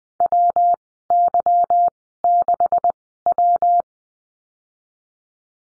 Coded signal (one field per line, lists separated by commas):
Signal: Morse code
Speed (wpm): 20 wpm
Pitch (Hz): 700 Hz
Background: none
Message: WY6W